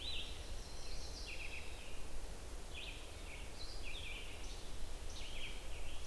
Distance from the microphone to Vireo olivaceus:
about 85 m